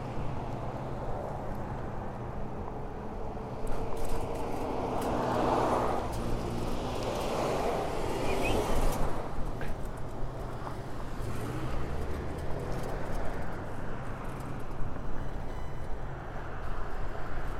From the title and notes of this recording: A stereo recording of a bike ride from Orchard Beach to our house in Mount Vernon.